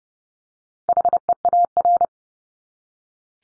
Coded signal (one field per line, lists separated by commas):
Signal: Morse code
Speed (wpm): 30 wpm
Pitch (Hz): 700 Hz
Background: none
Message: HEAR